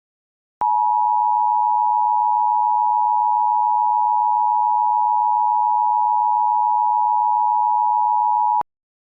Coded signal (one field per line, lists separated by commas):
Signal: Emergency Alert System (SAME) tones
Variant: 853 and 960 Hz attention tone